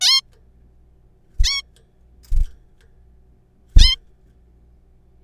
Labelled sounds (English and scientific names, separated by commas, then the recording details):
Zebra Finch (Taeniopygia guttata)
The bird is a juvenile
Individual R3428